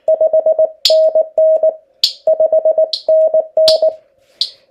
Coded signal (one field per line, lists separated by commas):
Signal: Morse code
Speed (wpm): 19 wpm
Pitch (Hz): 630 Hz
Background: none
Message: 5NN 5NN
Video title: POTA hunting